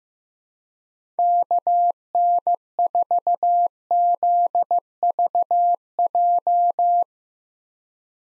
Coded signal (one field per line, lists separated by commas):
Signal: Morse code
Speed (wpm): 16 wpm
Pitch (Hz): 700 Hz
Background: none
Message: KN4ZVJ